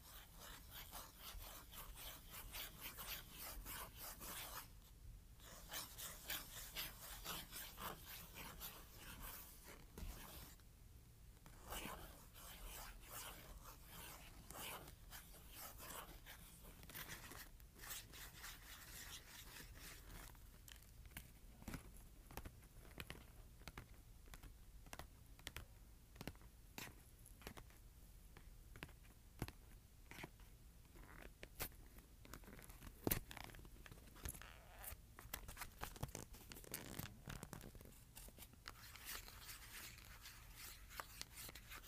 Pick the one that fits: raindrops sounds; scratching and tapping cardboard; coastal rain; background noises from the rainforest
scratching and tapping cardboard